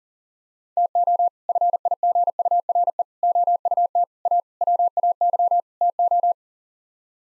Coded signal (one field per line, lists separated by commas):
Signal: Morse code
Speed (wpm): 40 wpm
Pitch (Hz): 700 Hz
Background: none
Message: TO FIGURE OUT A WAY TO